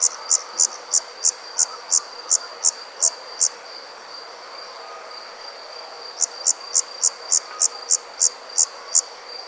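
Insect chirping in a rapid series of high, sharp pulses, pausing a few seconds before resuming, over a steady high tone.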